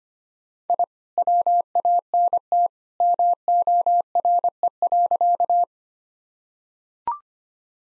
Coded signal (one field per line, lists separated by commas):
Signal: Morse code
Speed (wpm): 25 wpm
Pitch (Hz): 700 Hz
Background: none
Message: I WANT MORE.